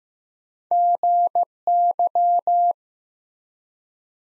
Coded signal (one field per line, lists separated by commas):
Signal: Morse code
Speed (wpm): 15 wpm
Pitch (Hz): 700 Hz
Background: none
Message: GY